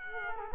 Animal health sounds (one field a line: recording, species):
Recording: mosquito wingbeat signal from an infrared sensor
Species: Culex quinquefasciatus